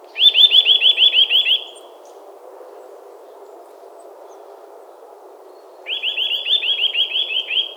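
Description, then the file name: Eurasian nuthatch calling in two rapid trills of upslurred whistled notes, separated by about four seconds of low hiss. "Sitta europaea"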